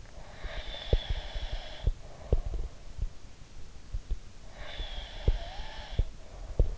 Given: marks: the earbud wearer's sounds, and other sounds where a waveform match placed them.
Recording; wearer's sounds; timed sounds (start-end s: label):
sounds in sleep by an in-ear microphone; breath
0.00-3.10 s: sound from someone else or the room
0.12-2.85 s: breath
3.89-6.78 s: sound from someone else or the room
4.41-6.78 s: breath